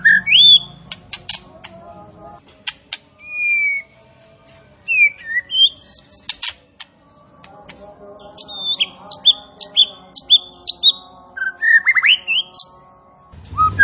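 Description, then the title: Striated grassbird song of sharp whistled notes, rising slurs and quick chirps, delivered in scattered bursts with short pauses between phrases. Singing actively and profusely. "Burung Tembakan Gacor"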